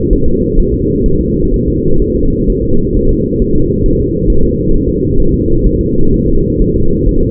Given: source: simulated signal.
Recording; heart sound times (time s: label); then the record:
fetal heart sounds
0.13 s: S1
0.28 s: S2
0.59 s: S1
0.74 s: S2
1.06 s: S1
1.21 s: S2
1.54 s: S1
1.68 s: S2
2.02 s: S1
2.16 s: S2
2.50 s: S1
2.64 s: S2
2.97 s: S1
3.11 s: S2
3.42 s: S1
3.56 s: S2
3.86 s: S1
4.01 s: S2
4.30 s: S1
4.44 s: S2
4.74 s: S1
4.89 s: S2
5.20 s: S1
5.34 s: S2
5.66 s: S1
5.81 s: S2
6.14 s: S1
6.28 s: S2
6.62 s: S1
6.76 s: S2
7.09 s: S1
7.23 s: S2
From the record:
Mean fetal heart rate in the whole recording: 130 bpm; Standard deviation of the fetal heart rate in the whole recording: 4 bpm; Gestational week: 38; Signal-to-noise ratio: -17.7 dB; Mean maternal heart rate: 72 bpm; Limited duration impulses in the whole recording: present